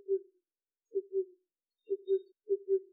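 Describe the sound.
Oriental cuckoo call: low, hollow hoots in pairs, a short note followed by a longer one, repeated in quick succession.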